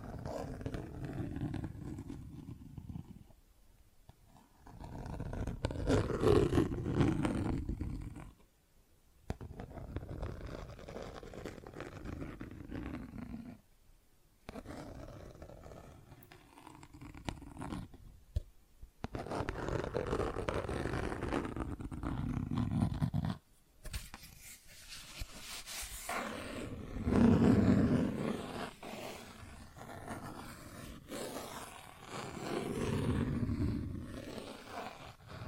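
Plastic objects being tapped and scratched, heard as rough, irregular scraping and rubbing strokes that come in bursts of several seconds separated by brief silences. The sound is mostly low and dull, with some brighter rasping edges, and the strongest passages arrive around the middle and near the end.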